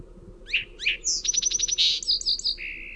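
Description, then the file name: Song sparrow song: two rising slurred notes, a rapid bright trill, then varied chips and a buzzy note, over faint background rumble. "SOSP song"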